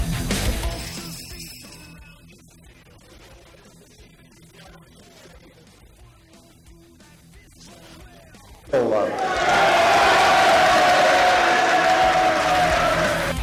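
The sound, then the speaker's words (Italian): Low murmuring voices for several seconds, then the Italian Senate chamber abruptly erupts into loud, sustained cheering and shouting from a large crowd that continues to the end: cries of joy from those who voted to acquit Minzolini, who remains a senator. “sentiamo l'esultanza dell'aula”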